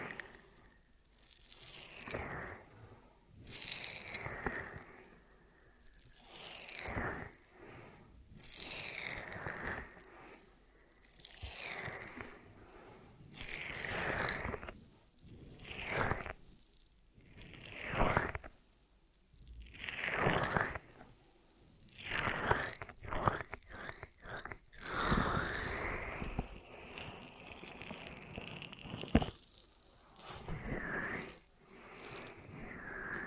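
Ear massage triggers: bursts of crisp, crunchy rubbing and scratching come in waves roughly every two to three seconds, each swelling and fading. The texture is bright and crackly with soft gaps between strokes, and a quicker flurry of sharp taps arrives around the twenty-second mark.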